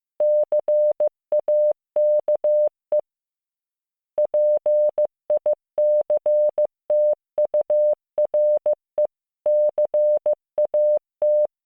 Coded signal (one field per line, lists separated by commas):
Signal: Morse code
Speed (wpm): 15 wpm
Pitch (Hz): 600 Hz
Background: none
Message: CAKE PICTURE CAT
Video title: モールス信号聞き流し⑧ Learn Morse Code